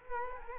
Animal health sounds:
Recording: mosquito wingbeat signal from an infrared sensor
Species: Culex quinquefasciatus

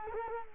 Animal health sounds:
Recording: mosquito wingbeat signal from an infrared sensor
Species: Culex quinquefasciatus

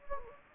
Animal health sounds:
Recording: mosquito wingbeat signal from an infrared sensor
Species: Anopheles gambiae

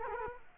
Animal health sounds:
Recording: mosquito wingbeat signal from an infrared sensor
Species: Culex quinquefasciatus

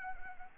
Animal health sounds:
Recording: mosquito wingbeat signal from an infrared sensor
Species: Anopheles arabiensis

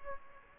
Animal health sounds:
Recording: mosquito wingbeat signal from an infrared sensor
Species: Aedes aegypti

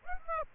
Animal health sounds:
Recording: mosquito wingbeat signal from an infrared sensor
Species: Aedes aegypti

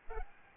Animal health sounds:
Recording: mosquito wingbeat signal from an infrared sensor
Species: Aedes albopictus

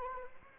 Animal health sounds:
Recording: mosquito wingbeat signal from an infrared sensor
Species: Anopheles arabiensis

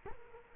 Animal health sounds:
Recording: mosquito wingbeat signal from an infrared sensor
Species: Culex quinquefasciatus

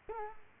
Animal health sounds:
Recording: mosquito wingbeat signal from an infrared sensor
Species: Culex quinquefasciatus

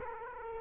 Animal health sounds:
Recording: mosquito wingbeat signal from an infrared sensor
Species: Culex quinquefasciatus

